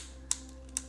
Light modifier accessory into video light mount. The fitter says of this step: a little click clip there